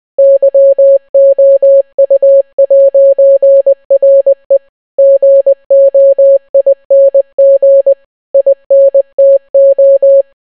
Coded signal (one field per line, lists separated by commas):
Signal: Morse code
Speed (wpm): 20 wpm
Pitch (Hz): 550 Hz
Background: none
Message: YOU'RE GOING INTO